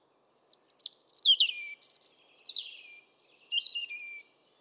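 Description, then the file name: European robin song, a few phrases of thin high notes, the first two sliding downward, the last ending in lower descending notes. "Erithacus rubecula"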